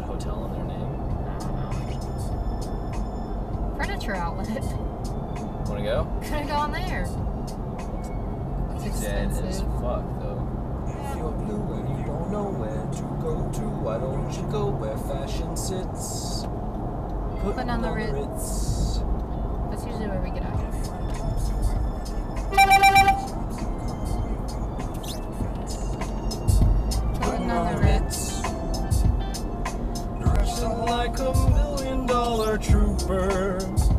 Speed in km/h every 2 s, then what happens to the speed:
79, 77, 77, 76, 76, 76, 85, 85, 84, 84, 84, 81, 79, 76, 66, 63, 61.
0-10 steady at about 76. 10-12 speeds up to 85. 12-20 steady at about 84. 20-29 slows to 63.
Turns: none.